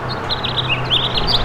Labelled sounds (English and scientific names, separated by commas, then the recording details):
House Finch (Haemorhous mexicanus) song
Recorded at Montauk on Long Island, New York, on 15 June 2013
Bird K